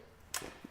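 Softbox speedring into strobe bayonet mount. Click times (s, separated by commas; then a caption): 0.3 s. A softbox speedring, its tabs dropped into a strobe's bayonet mount, is given a quarter turn. It clicks sharply at 0.3 s as it locks in place. A softer thump follows just after.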